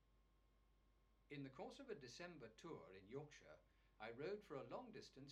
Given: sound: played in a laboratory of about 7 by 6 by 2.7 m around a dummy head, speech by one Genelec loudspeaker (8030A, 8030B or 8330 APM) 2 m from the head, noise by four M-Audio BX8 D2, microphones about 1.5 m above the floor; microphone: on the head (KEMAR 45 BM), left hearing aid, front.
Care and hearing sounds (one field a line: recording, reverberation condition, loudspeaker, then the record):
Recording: male speech in English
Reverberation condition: low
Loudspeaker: 60 degrees to the left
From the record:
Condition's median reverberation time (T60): about 310 ms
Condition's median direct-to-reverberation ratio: about 3.5 dB